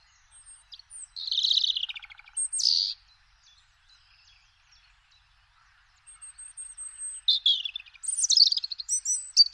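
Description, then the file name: European robin singing two short, sweet, high twittering phrases, then a silent pause of several seconds, then a longer phrase of shrill warbles and trills. "Rougegorge familier"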